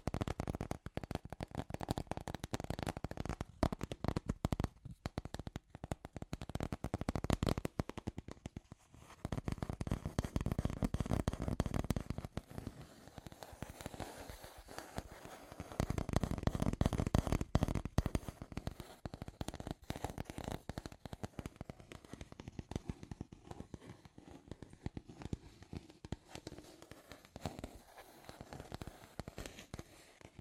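Dense scratchy tapping runs through the whole half minute, a rapid, irregular patter of small dry clicks and crackles. It swells into fuller, busier bursts around the tenth and seventeenth seconds, then thins and grows sparser toward the end. The sound is close and dry, as if in a small room.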